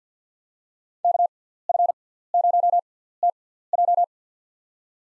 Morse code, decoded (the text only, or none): KF0TJ